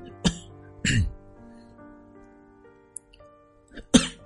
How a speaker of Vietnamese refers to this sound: Và bị ho quá.